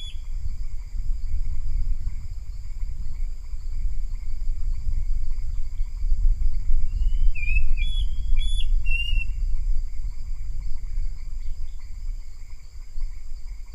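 Bird calling a short burst of sharp, upward-slurred whistles midway, heard through strong, continuous low rumbling noise and a steady high-pitched hum.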